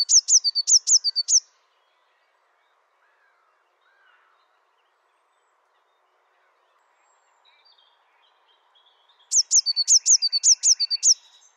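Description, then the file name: Eurasian blue tit song: two bursts of high, thin, downward-sweeping whistles separated by a long quiet gap. Recorded in the Dombes, France. "MESANGE BLEUE DOMBES"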